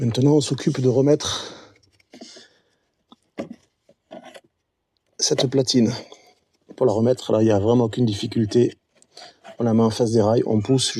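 In the engine bay of a C4 Picasso 2.0 HDi during a battery change, the plastic battery cable terminal plate is brought back and lined up in front of its mounting rails before being pushed home. Someone talks over brief handling and rubbing sounds with a few faint taps, and the plate has not clicked into place yet.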